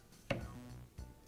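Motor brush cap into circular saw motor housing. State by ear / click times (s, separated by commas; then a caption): seated / 0.3 s. A plastic motor brush cap (DeWALT part 448084-01) is turned backwards in the motor housing of a DeWALT circular saw so the thread start drops in before tightening, which helps prevent cross threading. A sharp click at 0.3 s marks the threads seating into place, followed by a softer knock near 1.0 s.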